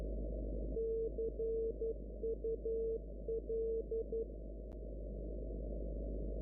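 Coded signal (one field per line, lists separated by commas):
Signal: Morse code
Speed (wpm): 12 wpm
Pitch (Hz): 450 Hz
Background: none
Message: CUL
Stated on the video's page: Repeating Morse "CUL" signal heard on 369 kHz.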